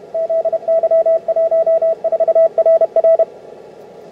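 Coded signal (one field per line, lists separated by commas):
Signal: Morse code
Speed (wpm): 32 wpm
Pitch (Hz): 660 Hz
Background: radio noise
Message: ZY14RR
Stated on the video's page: Received on 50 MHz with a good signal.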